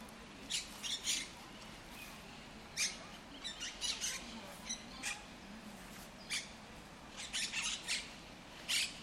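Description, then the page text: Monk parakeet calls, irregular bursts of short harsh squawks, some in clusters of three or four, over a soft background hiss. El Retiro park, Madrid; Madrid has Europe's largest monk parakeet population. "Cities and Memory - remixing the world. Monk parakeets in Madrid. Madrid has the greatest population of Monk Parakeets in Europe, many of whom can be seen and heard in the El Retiro park"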